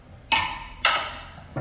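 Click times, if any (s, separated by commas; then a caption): 0.3 s, 0.9 s. A motorcycle engine for a Titan 150 V2 frame adaptation, which had caught but was not yet seated, is pushed or tapped into the frame mounting bracket. It gives two sharp knocks at 0.3 s and 0.9 s, each ringing off briefly, and another hit begins just as the clip ends. The engine mount drops into the frame bracket and is seated.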